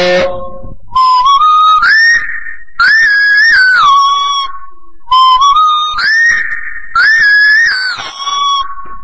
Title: burung beo